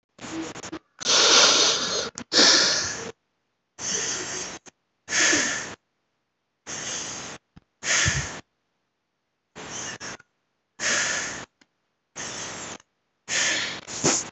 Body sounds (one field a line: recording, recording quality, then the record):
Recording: deep breathing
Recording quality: excellent, no background noise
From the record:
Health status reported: healthy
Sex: male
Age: 27 years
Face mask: not worn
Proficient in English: yes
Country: India